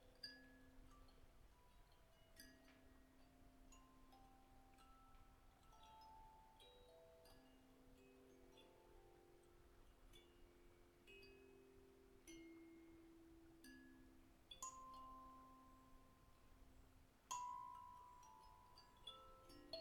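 Small bells hung on reindeer antlers ring and tinkle continuously, their bright, overlapping tones lingering and shifting in pitch. Clear strikes come every second or so, with louder, sharper rings around 15 and 17 seconds over a faint low rumble.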